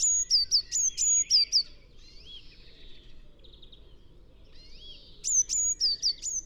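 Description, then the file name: Eurasian blue tit calling: bright, high, sharp-onset notes repeated in quick bursts, with softer buzzy churring notes between the bursts, over a low background hum. "Cyanistes caeruleus"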